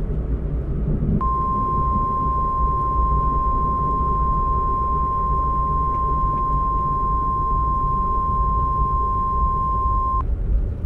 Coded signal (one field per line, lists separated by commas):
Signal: Emergency Alert System (SAME) tones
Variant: 1050 Hz attention tone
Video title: PANHANDLE VIOLENCE (EAS Scenario)